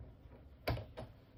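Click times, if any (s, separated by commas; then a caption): 0.7 s. A scoring stylus is pushed into the tool clamp of a Cricut cutting machine, giving a sharp click at 0.7 s and a softer follow-up click near 1.0 s over a low background hum. The click confirms the stylus is seated in the clamp.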